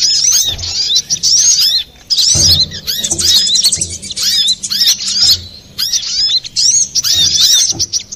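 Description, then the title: Little spiderhunter giving bursts of shrill, rising-and-falling chirps in quick runs broken by brief gaps, with soft low thuds beneath. Master recording for training cage birds, labelled 'labaik'. "Sogok Ontong Labaik"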